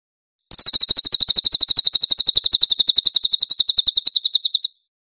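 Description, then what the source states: Cililin song: one continuous high, rattling trill of quick, even notes lasting about four seconds, framed by silence before and after. Nonstop cililin song for cage-bird training.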